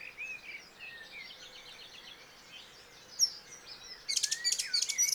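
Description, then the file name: Eurasian blackcap warbling: soft, rambling high notes over steady background hiss, then a sudden burst of loud, sharp chattering phrases at the end. "Sylvia atricapilla"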